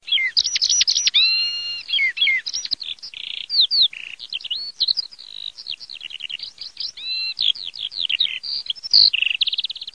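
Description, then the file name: Eurasian skylark song, a loud unbroken flow of high warbling notes, rapid trills and slurred whistles that rise and fall without pause. "ALLODOLAG"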